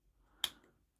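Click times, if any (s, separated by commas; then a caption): 0.4 s. While transforming a plastic Transformers Kingdom Voyager Dinobot action figure, the panels are closed so their small tabs fit into slots on the figure's body. A single sharp snap sounds at 0.4 seconds against an otherwise quiet background, and the panel locks into place.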